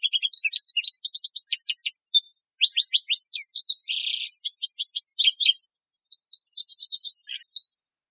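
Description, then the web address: Bird calls, quick series of high, sharp chirps and rasping notes delivered in rapid, uneven bursts, ending with a thin whistle. Recorded in Costa Rica. "birdvocals CR LAGO 031305"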